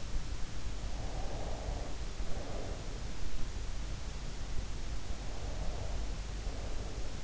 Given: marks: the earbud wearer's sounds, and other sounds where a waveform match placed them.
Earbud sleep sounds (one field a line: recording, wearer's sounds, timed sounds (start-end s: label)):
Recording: sounds in sleep by an in-ear microphone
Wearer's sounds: breath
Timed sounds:
0.83-2.90 s: breath
5.11-7.24 s: breath